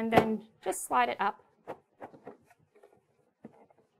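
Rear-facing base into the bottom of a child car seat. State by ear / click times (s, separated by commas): seated / 3.5 s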